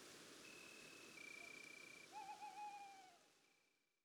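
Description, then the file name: Tawny owl call: one wavering, quavering note lasting about a second, fading away, with a steady high insect trill running behind. Female. "Chouette hulotte femelle Chants doiseaux des bois et des forets"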